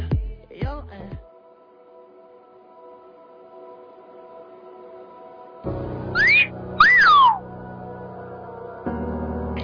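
A short whistled phrase: one upward-sliding whistle followed by a second that rises and then glides down, heard over a steady low tonal hum with a brief burst of sound at the start.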